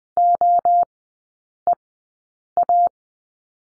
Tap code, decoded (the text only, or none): none